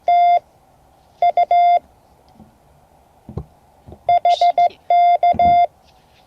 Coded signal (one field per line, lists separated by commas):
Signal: Morse code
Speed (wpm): 16 wpm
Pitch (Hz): 700 Hz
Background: none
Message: TU HK